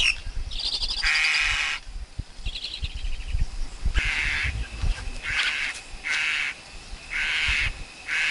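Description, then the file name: Black-collared Starling giving harsh, rasping notes in a series of bursts, with some buzzy chatter between them over a low background rumble. Wild forest Black-collared Starling song; recording meant for training young birds to sing. "Tieng chim ca cuong rung tap chim con hot"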